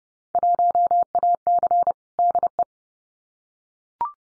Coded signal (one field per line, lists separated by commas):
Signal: Morse code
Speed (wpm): 28 wpm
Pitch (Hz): 700 Hz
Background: none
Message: 1AC DE